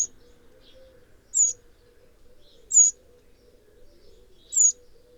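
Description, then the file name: Eurasian wren calls: short, sharp, high ticking notes, four of them spaced about one and a half seconds apart, over a faint low hum. "Troglodytes troglodytes"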